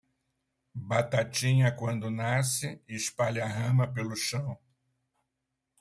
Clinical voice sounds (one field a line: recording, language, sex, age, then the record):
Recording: short text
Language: Brazilian Portuguese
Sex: male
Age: 70 to 79 years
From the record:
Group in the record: control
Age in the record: 72 years